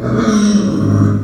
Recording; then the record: squeal of a Yucatan mini pig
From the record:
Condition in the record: after surgery on the right vocal fold (resection and tissue-engineered implant); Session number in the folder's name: 7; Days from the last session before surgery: 47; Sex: female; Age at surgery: 19 weeks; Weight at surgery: 25 kg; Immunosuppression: prednisolone